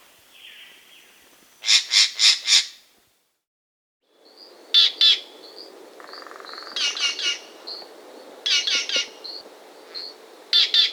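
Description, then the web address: Green jay calling in harsh bursts of two to four scratchy notes, repeated several times, mixed with short high whistles and a brief buzzy note. South America, Andes. "S America Andean Birds. Green Jay (Cyanocorax Yncas)"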